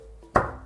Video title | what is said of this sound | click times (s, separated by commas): QETTLE Original Spout Change | two clicks so | 0.4 s